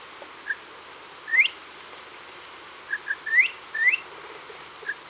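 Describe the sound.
Bird giving short whistled notes, some quick upslurs rising sharply, others brief flat pips, scattered irregularly over a quiet background.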